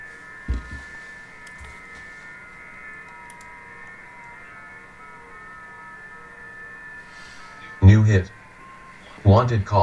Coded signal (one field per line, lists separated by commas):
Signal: FT8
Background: speech